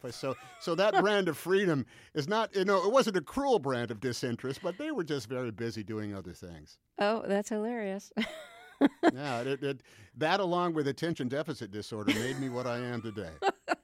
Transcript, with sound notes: So that brand of freedom is not - it wasn't a cruel brand of disinterest, but they were just very busy doing other things.
Oh, that's hilarious (laughter).
Yeah, it - that along with Attention Deficit Disorder made me what I am today.